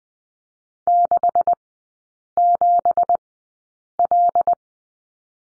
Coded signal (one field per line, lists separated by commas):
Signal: Morse code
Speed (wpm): 20 wpm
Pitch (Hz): 700 Hz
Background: none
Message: 67L